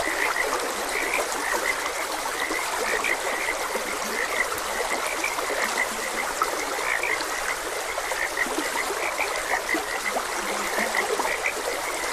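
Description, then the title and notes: Frog chorus of rapid, repeated croaking notes, layered over steady trickling water throughout. Frogs croaking beside a gentle stream. "Gentle Stream and Frogs Croaking. Sleep and Relaxation Podcast"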